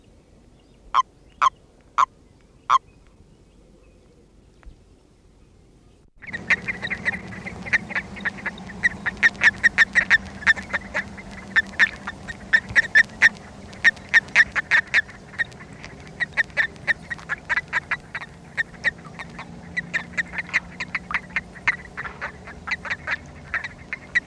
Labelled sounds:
Common Toad call
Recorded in the wild
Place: Wieseck, DE
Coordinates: 50.6058, 8.69556
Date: 1965-03-29
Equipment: Uher Report 4000, AKG D190
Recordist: Krey, Winfried

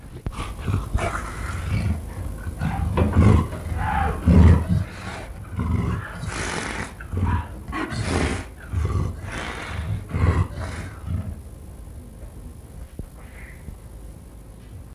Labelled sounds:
Leopard call
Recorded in captivity
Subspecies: fusca
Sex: female
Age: adult
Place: Tierpark Berlin, Berlin, DE
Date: 1962-10-20 14:00
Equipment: Minifon, Kopie Smaragd
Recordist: Tembrock, Günter
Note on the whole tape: Indischer Leopard, Weibchen: gegen Beobachter. Abstand 1 m

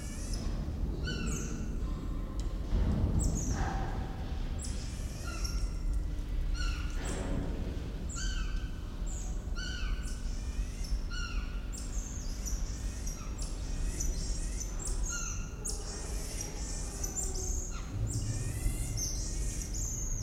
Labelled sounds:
Guira Cuckoo call
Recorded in captivity
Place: Zoo Berlin, Berlin, DE
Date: 1994-01-14 10:27
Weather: -1°C, heiter
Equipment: Marantz CP 430, Sennheiser ME 80, Kopie Uher Variocord 263
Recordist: Tembrock, Günter

